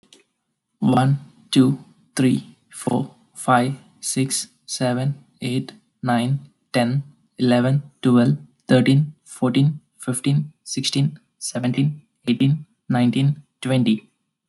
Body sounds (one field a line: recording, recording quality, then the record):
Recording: counting at a normal pace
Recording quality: excellent, no background noise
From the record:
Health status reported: healthy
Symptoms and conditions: none ticked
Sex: male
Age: 25 years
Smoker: not ticked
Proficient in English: yes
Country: India